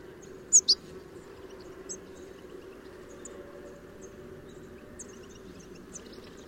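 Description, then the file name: European goldfinch calls: two sharp high chirps near the start, then scattered faint tinkling notes over a low steady hum. "Carduelis carduelis"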